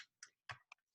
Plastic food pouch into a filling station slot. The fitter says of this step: push it back until it snaps in so